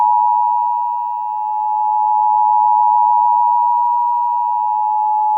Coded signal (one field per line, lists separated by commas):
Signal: Emergency Alert System (SAME) tones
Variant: 853 and 960 Hz attention tone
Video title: EAS Scenario 2: Unusual Climate (Civil Danger Warning)